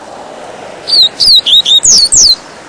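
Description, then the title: Double-collared Seedeater song: a run of six or so high, clipped whistled notes, several sweeping downward, sung rapidly and evenly. "Canto Coleiro"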